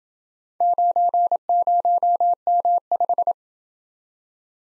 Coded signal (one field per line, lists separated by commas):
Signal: Morse code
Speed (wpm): 28 wpm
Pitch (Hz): 700 Hz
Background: none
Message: 90M5